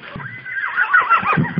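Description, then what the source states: Horse whinny: a wavering, nasal neigh that rises and falls in pitch. Horses from Posadowo.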